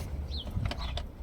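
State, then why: Seated. After being lined up against the pins, a reverse camera wiring harness connector is pushed into the head unit socket of a Skoda factory-screen car radio. Over a low steady rumble, there are small plastic ticks around 0.7 s, then a sharp click at 1.0 s as the connector seats in place.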